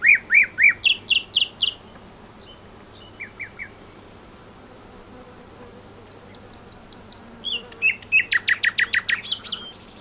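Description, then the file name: Common nightingale song: short bursts of sharp repeated notes, pauses, then a loud rapid rattling trill of stacked notes near the end. "Luscinia megarhynchos"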